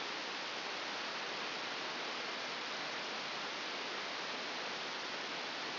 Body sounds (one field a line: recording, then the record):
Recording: brain microelectrode recording played as sound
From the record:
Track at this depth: outside the subthalamic nucleus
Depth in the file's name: -0.075 mm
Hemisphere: left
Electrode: 2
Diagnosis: Parkinson's disease